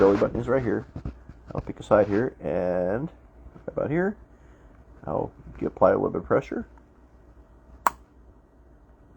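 An auto-injector pen is pressed against the skin of the abdomen beside the belly button while someone talks. A single sharp click at 7.9 s marks the start of the injection, with the plunger bar beginning to move down.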